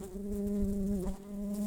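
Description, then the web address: Brown-banded carder bee buzzing, a steady low hum with clear overtones that dips briefly in pitch midway before holding level again. Workers. "Humilis workers"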